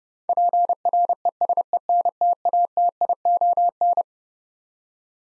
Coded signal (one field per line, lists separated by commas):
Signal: Morse code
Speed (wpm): 30 wpm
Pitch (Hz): 700 Hz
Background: none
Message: PRESENTATION